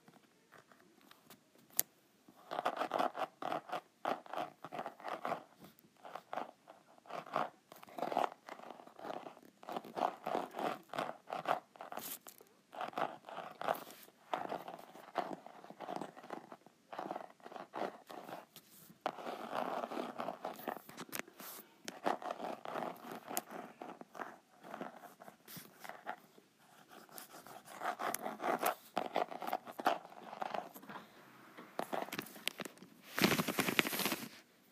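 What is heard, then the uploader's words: Rapid scratching and tapping on a notepad comes in dense bursts of crisp clicks, with brief pauses around 18 and 26 seconds. The sound sits in the mid and upper range, quiet between strokes, and ends with a louder, rougher rustle near 34 seconds. ASMR Groovy Note Pad.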